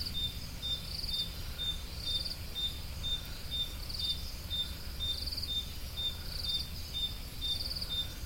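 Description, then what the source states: Evenly spaced high cricket chirps continue throughout, while a second cricket gives short ticking pulse bursts every second or two; low background rumble. Crickets, more than one, recorded at Roodekopjes.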